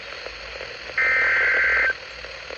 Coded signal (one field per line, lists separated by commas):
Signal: Emergency Alert System (SAME) tones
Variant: header bursts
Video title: EAS Alerts From 7/9/25: A Compilation (EAS 869-898)